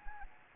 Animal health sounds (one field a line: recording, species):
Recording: mosquito wingbeat signal from an infrared sensor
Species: Anopheles gambiae